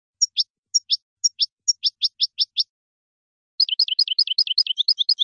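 Finch calls: spaced pairs of high chirps speed into a steady run, then a brief pause before a rapid, jumbled twittering of downslurred notes.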